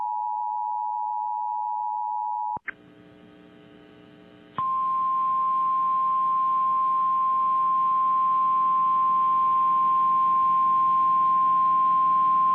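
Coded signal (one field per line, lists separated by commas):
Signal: Emergency Alert System (SAME) tones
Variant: 853 and 960 Hz attention tone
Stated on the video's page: Flash flood warning for Louisiana, stated to contain valid EAS tones.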